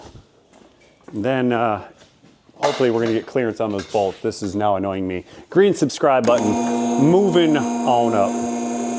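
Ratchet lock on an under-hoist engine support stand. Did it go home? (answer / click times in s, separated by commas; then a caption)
no / none. A steel under-hoist engine support stand, called the dead man or one-armed bandit, is being readied to lift the engine so the mounts flex and give clearance on the bolts. Someone talks throughout while a steady hum rises from about 6 seconds. Nothing has seated or clicked yet; the stand's ratchet lock has not engaged.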